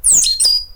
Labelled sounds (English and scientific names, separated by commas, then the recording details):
Stitchbird (Notiomystis cincta) song
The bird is a male
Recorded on Tiritiri Matangi Island, New Zealand, in 2005
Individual 12, of nest box 16